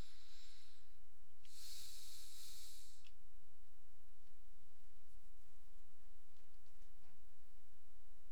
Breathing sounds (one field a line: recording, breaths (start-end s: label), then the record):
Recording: nose breathing near a microphone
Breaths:
0.00-1.33 s: inhalation
1.33-2.93 s: exhalation
From the record:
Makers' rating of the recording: medium